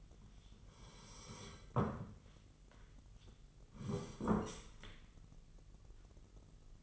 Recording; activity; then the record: daily activity, microphone in the room; sit down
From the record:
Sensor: 4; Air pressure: 999.3 hPa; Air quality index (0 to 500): 114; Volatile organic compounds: 2 ppm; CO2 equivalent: 1129 ppm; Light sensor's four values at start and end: 13/30/12/13 and 13/31/12/13